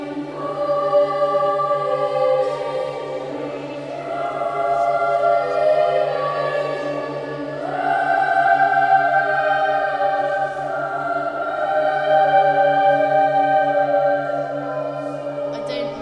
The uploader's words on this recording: Wells Cathedral soundscape excerpt by Rich Tomlinson.